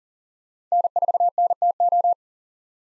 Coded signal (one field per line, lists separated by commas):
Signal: Morse code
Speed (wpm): 40 wpm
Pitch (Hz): 700 Hz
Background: none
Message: N4NTO